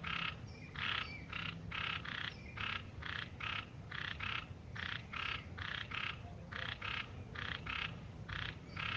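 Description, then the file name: Granular snouted treefrog calling with short, raspy pulsed notes, some in pairs, repeated steadily over a faint low hum. "Scinax granulatus canto"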